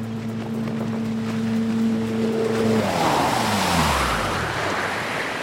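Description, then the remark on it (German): A motorboat engine drones with a steady low hum, then its pitch slides downward as it shifts gear, while loud rushing water and spray build up underneath. “Wirf den Motor an.”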